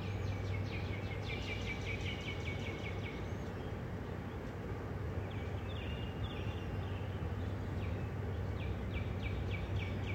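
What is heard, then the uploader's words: A bird sings rapid runs of high, repeated notes from the start to about three seconds, then again from about five seconds to the end. A steady low rumble, like traffic, with a faint hum fills the background throughout. Bird Songs of Kelton. What I wake up to every morning.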